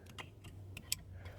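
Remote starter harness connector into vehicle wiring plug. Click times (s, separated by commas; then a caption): 0.9 s. A remote starter wiring harness plug is pushed into the connector on a 2015-2020 Ford F150, and it clips into place. A few faint clicks are followed by a sharp click at 0.9 s as the connector seats.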